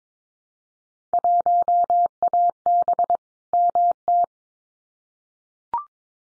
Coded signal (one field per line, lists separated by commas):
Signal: Morse code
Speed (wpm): 22 wpm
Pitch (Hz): 700 Hz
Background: none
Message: 1AB MT